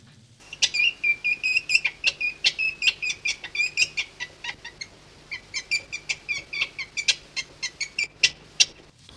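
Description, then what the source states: Weasel squeaky chirping calls, a rapid irregular series of short high notes, a few per second. Played as a mystery sound.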